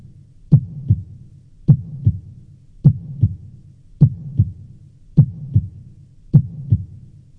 Heart beat.